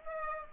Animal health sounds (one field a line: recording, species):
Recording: mosquito wingbeat signal from an infrared sensor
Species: Aedes aegypti